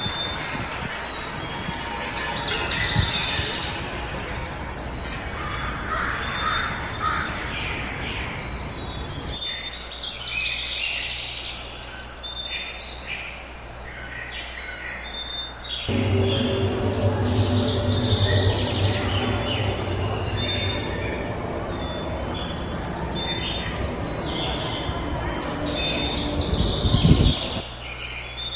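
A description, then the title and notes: Birdsong at dawn, with scattered high chirps and short phrases repeating every second or so over a constant low rumble. The rumble drops away briefly near the middle, then returns stronger, and a sharp louder sound stands out near the end. Birdsong at dawn and the sounds of nature. Dawn chorus in Ontario reimagined by Caroline Grimshaw and Stephen Mugford.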